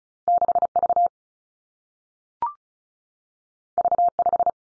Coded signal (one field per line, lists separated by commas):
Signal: Morse code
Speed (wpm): 36 wpm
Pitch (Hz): 700 Hz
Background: none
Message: 6 V V 5